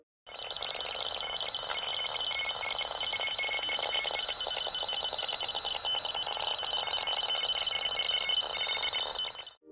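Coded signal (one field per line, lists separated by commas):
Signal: channel marker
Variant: Plovets-41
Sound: continuous rapid ringing, warbling tone repeating without pause for the whole clip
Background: radio static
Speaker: Que assim como a UBV-76, transmitiu um som repetitivo, que ocasionalmente é interrompido, para a transmissão de mensagens de voz.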